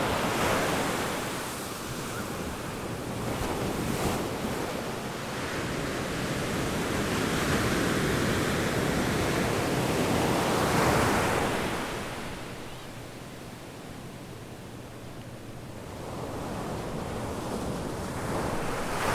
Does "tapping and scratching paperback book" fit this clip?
no